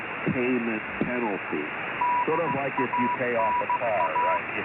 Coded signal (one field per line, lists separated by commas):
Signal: Morse code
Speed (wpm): 15 wpm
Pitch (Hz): 980 Hz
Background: speech, radio noise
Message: DANA